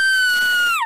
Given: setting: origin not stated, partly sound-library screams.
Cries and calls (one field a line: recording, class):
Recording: one-second piece from a danger detection set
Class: woman in danger